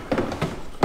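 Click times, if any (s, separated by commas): none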